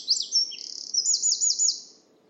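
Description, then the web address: Bird song in one short burst: high slurred notes, a brief rapid trill, then several quick whistled notes, fading out. "cianscape birddata Deverinetal 2025 File origin Bird Only More Classes"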